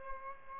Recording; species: mosquito wingbeat signal from an infrared sensor; Aedes albopictus